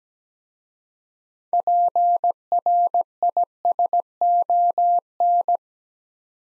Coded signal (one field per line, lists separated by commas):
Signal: Morse code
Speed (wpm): 17 wpm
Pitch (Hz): 700 Hz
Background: none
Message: PRISON